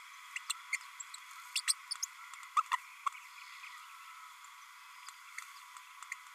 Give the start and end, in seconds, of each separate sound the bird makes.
0.36-0.38, 0.49-0.53, 0.73-0.76, 1.55-1.61, 1.67-1.73, 2.02-2.06, 2.56-2.62, 2.71-2.76, 3.06-3.08